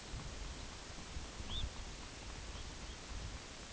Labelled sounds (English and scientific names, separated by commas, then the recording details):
Red Phalarope (Phalaropus fulicarius)
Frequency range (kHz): Red Phalarope (Phalaropus fulicarius) 2.3-4.4 kHz
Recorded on Arctic tundra, site UTQI-8, on 8 June 2019
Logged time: 02:00